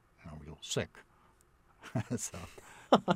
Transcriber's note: laughs